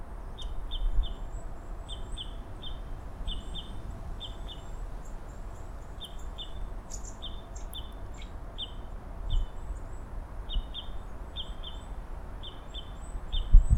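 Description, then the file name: Parrot crossbill calls: short, hard, metallic notes given in quick pairs and small clusters throughout, over a steady low rumble of background noise. "kiefernkreuzschnabel"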